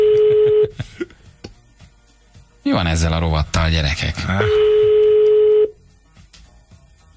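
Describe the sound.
Telephone keypad dialing tones: a steady, mid-pitched electronic tone sounds, breaks off while people talk loudly in between, then the same sustained tone returns and stops.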